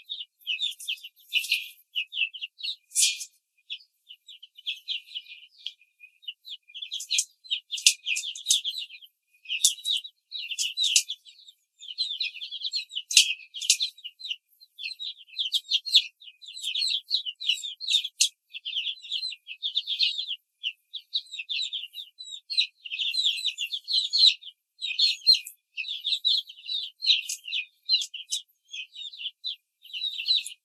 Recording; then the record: young laying hens in a cage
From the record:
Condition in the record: control cage, after the stress test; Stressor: none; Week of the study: 4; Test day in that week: 1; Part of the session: 3